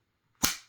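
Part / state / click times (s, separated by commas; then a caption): lock bar of a Tek-Lok style belt attachment on a Kydex sheath / seated / 0.4 s. The bar of a Tek-Lok style belt attachment on a Kydex knife sheath is pushed over and locks into place with one sharp, bright snap at 0.4 s. The snap rings briefly before fading out, confirming the lock bar is seated.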